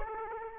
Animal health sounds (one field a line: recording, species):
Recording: mosquito wingbeat signal from an infrared sensor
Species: Aedes aegypti